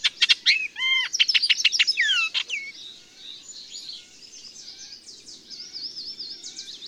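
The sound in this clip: Bird song, a rapid burst of sharp high chirps and downslurred whistles, followed by a softer, thin twittering warble that trails on quietly.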